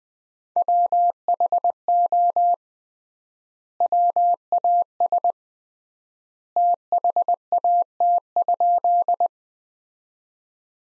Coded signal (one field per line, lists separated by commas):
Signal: Morse code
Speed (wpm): 20 wpm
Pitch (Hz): 700 Hz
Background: none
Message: WHO WAS THAT?